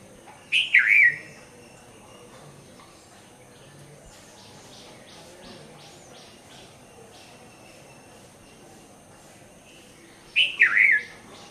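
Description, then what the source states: Red-vented bulbul song: two cheerful, bubbly whistled phrases about ten seconds apart, each a quick tumbling run of notes. Red-vented bulbul's "ginger beer" song.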